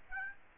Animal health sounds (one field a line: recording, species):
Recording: mosquito wingbeat signal from an infrared sensor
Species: Aedes aegypti